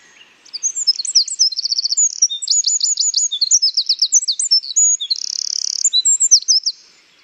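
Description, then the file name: Eurasian wren singing a loud, fast stream of shrill notes with several rattling trills, including a dry buzzy trill near the end, lasting about six seconds. "Troglodytes troglodytes"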